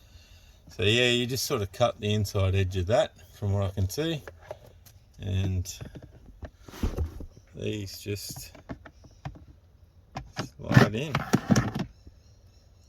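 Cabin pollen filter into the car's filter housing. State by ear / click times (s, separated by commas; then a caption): not seated / none. A cabin pollen filter is lined up and slid into its plastic housing in a car while someone talks, with light handling knocks and scrapes as it goes in. The filter has not been pushed home yet, and nothing has clicked or locked into place.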